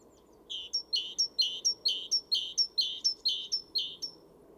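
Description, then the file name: Great tit call: a quick, even series of about eight harsh buzzy notes, each led by a sharp high tick, over a low background hum. "Parus major"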